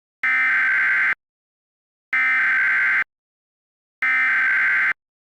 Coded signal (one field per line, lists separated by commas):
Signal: Emergency Alert System (SAME) tones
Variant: header bursts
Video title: EAS Scenario - Fast and Furry-ous (A "Looney Tunes" Scenario)